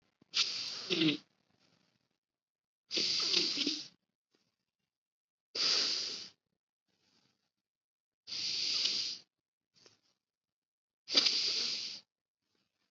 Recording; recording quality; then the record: deep breathing; excellent, no background noise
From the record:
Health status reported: COVID-19 positive, moderate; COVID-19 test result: positive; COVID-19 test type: rapid antigen test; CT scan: not taken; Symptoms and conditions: cough, sore throat, fever, hypertension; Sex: male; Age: 55 years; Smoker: no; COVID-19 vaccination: both doses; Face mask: worn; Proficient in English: yes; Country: India